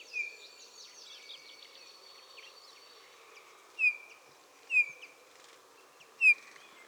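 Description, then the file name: Eurasian bullfinch giving soft, short piping whistles, each dipping then levelling off, one at the start and three more later about one to one and a half seconds apart, with other high twittering early on. "Pyrrhula pyrrhula"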